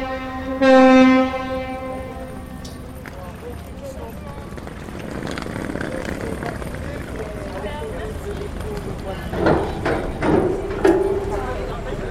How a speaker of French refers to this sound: Ah, on entend le bateau, là. Ici... Les sonneries du bateau donnent l'heure, en fait. C'est un peu comme le clocher d'une église, quoi.